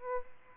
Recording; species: mosquito wingbeat signal from an infrared sensor; Aedes albopictus